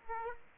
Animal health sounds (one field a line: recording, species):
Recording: mosquito wingbeat signal from an infrared sensor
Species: Aedes aegypti